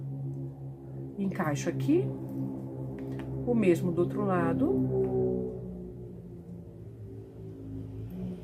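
A closure clasp is being fitted into the other side of a sewn fabric box case and lined up, but nothing has clicked or seated yet. Someone talks briefly over steady background music, with two faint, short sounds near 3.0 and 3.2 seconds.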